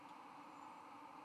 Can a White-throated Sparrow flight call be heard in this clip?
no